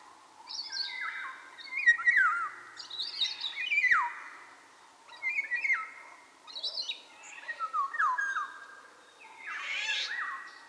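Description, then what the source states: Eurasian golden oriole giving repeated grating, chattering calls that drop steeply in pitch, interspersed with thin, very high short notes, in bursts throughout. Recorded at Kondor-tó; excited males and females giving harsh chattering calls, with very high, short notes of young males learning to sing from older males.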